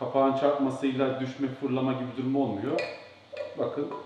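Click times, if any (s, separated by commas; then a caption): none. A teapot lid is handled over the teapot of a Grundig TM 6860 tea maker while someone talks, with faint light knocks among the speech. Nothing has seated or clicked yet; the lid is not yet home when the clip ends.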